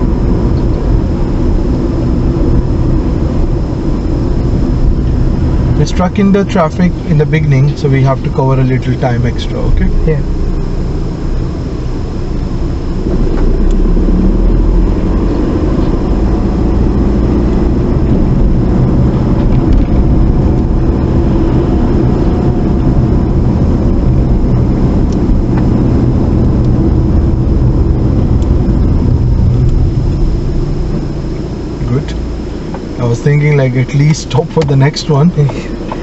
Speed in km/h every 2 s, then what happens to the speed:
29, 27, 23, 16, 15, 13, 3, 11, 15, 32, 32, 31, 29, 27, 6, 0, 0, 0.
0-12 slows to 3. 12-17 speeds up to 32. 17-25 steady at about 31. 25-29 brakes to 0. 29-36 standing.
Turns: none.